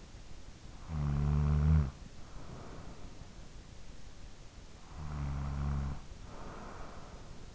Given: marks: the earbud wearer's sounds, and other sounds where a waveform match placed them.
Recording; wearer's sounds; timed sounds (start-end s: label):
sounds in sleep by an in-ear microphone; snoring breath
0.41-3.40 s: snoring breath
4.38-7.55 s: snoring breath